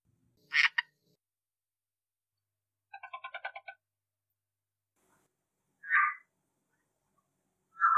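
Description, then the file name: Red-eyed tree frog calls: short, separate bursts, one of them a rapid pulsed rattle. The calls come every two to three seconds with silence between. "red eye tree frog calling"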